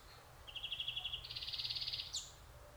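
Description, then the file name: European greenfinch: one long trill that steps up in pitch midway and ends with a sharp high note. "Chloris chloris"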